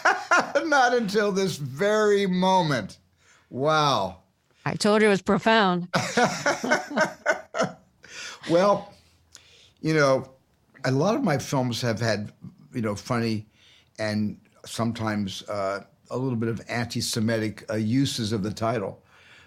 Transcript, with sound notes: Not until this very moment. Wow.
I told you it was profound.
(Laughter) Well, you know, a lot of my films have had, you know, funny and sometimes a little bit of antisemitic uses of the title.